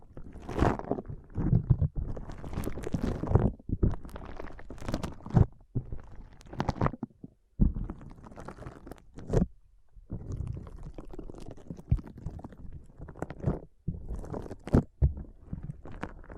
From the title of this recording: ASMR Powerful Foam Brain Massage